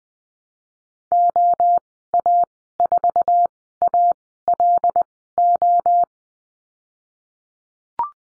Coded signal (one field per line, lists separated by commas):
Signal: Morse code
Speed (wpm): 20 wpm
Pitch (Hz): 700 Hz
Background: none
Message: OA4ALO